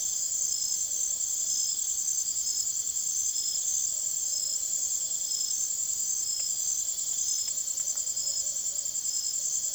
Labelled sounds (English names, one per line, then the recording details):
none
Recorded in secondary vegetation near Puerto Asís, Putumayo, Colombia, on 24 June 2025 at 03:30
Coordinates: 0.489, -76.322
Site G021